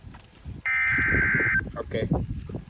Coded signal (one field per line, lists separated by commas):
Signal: Emergency Alert System (SAME) tones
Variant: header bursts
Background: speech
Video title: noaa/eas #98 severe thunderstorm warning Jefferson, rock counties, WI #shorts #weather #fyp #eas